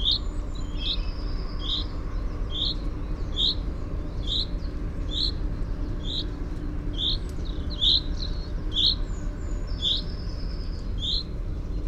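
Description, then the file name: Common chaffinch giving short, sharp, bright call notes repeated roughly once a second, with thin higher whistles and a steady low rumble beneath. "Fringilla coelebs"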